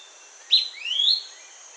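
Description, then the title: Fuscous flycatcher singing a brief clipped note followed by a rising, drawn-out whistled slur, with soft background hiss. Subspecies duidae. "LuckyPassaro Completos2Sama. Fuscous Flycatcher (Cnemotriccus fuscatus duidae)"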